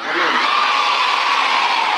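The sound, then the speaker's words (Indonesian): A large crowd shouts and cheers loudly together, a dense, steady roar of many voices that holds at full strength for about two seconds without any break. “Yang teriaknya banter, saya doakan mudah-mudahan pulang dapat suami kiai.”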